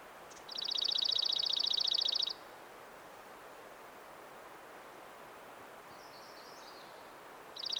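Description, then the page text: Dark-eyed junco trill: a fast, even, musical trill lasting nearly two seconds, then a faint chip series and a new trill starting. "Атлас птиц - Серый юнко. Junco hyemalis"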